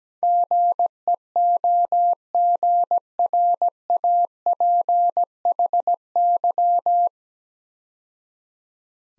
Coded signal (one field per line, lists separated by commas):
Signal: Morse code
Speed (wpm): 17 wpm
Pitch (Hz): 700 Hz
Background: none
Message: GEOGRAPHY